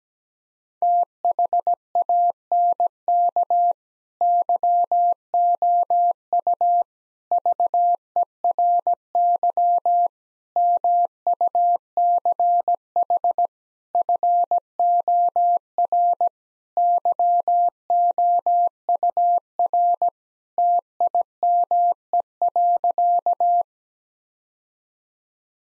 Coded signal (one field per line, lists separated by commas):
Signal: Morse code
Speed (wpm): 17 wpm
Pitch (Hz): 700 Hz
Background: none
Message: THANK YOU VERY MUCH FOR YOUR TIME.